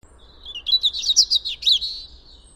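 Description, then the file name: European robin song, a rapid run of high, thin, tumbling notes lasting about one and a half seconds. "Erithacus rubecula"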